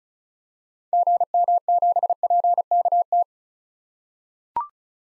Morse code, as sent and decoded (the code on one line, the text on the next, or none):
--. -- --... .--. -.- -
GM7PKT